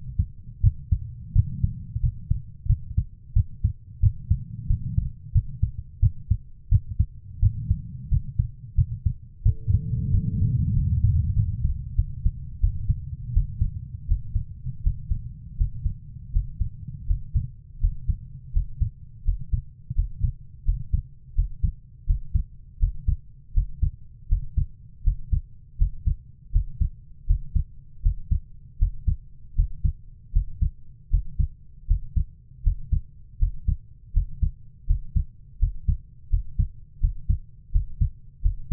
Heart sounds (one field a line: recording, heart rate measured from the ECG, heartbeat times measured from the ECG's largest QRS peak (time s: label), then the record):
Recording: heart sounds by stethoscope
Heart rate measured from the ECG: 84 bpm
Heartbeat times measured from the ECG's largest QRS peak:
0.61 s: heartbeat
1.33 s: heartbeat
2.01 s: heartbeat
2.67 s: heartbeat
3.33 s: heartbeat
4.00 s: heartbeat
4.67 s: heartbeat
5.32 s: heartbeat
6.00 s: heartbeat
6.69 s: heartbeat
7.40 s: heartbeat
8.09 s: heartbeat
8.75 s: heartbeat
9.43 s: heartbeat
10.11 s: heartbeat
10.74 s: heartbeat
11.35 s: heartbeat
11.96 s: heartbeat
12.60 s: heartbeat
13.33 s: heartbeat
14.08 s: heartbeat
14.83 s: heartbeat
15.57 s: heartbeat
16.32 s: heartbeat
17.07 s: heartbeat
17.80 s: heartbeat
18.52 s: heartbeat
19.24 s: heartbeat
19.95 s: heartbeat
20.65 s: heartbeat
21.35 s: heartbeat
22.06 s: heartbeat
22.79 s: heartbeat
23.53 s: heartbeat
24.28 s: heartbeat
25.03 s: heartbeat
25.78 s: heartbeat
26.52 s: heartbeat
27.26 s: heartbeat
28.02 s: heartbeat
28.78 s: heartbeat
29.55 s: heartbeat
30.32 s: heartbeat
31.10 s: heartbeat
31.87 s: heartbeat
32.63 s: heartbeat
33.38 s: heartbeat
34.13 s: heartbeat
34.86 s: heartbeat
35.59 s: heartbeat
36.29 s: heartbeat
37.00 s: heartbeat
37.72 s: heartbeat
38.42 s: heartbeat
From the record:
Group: healthy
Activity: rest 0-12 s, breath hold 12-39 s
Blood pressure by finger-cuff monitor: 96/58 mmHg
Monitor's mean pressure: 73 mmHg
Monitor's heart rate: 82 bpm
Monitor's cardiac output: 7 L/min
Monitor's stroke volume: 86 mL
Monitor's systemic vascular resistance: 700 dyn s/cm5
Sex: female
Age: 24 years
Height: 163 cm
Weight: 55.7 kg